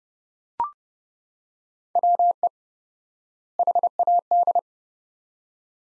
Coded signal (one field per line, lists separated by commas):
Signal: Morse code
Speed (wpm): 30 wpm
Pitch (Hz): 700 Hz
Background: none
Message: WE HAD